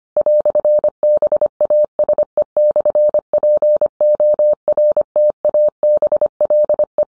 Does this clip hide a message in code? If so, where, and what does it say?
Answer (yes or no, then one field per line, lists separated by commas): yes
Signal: Morse code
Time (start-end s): 0.2-7.0 s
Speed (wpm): 25 wpm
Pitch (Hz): 600 Hz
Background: none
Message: "BASE/PORTABLE